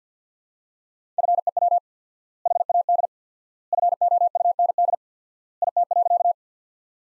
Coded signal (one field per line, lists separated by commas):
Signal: Morse code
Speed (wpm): 50 wpm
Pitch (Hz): 700 Hz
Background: none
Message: FEW HAD FOUND IT.